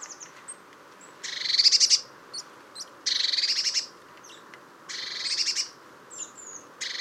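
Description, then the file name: Eurasian blue tit giving several loud churring, ratchet-like buzzes about a second apart, separated by short high call notes. "Cyanistes caeruleus"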